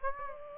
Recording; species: mosquito wingbeat signal from an infrared sensor; Aedes aegypti